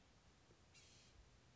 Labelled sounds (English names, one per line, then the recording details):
Blue-gray Gnatcatcher
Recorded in Sonoma County, California